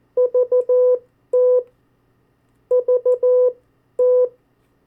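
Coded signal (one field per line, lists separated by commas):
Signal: Morse code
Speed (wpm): 14 wpm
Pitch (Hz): 500 Hz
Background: none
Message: VT VT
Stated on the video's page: Morse code drill of state abbreviations at variable speeds.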